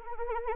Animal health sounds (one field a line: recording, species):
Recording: mosquito wingbeat signal from an infrared sensor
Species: Anopheles arabiensis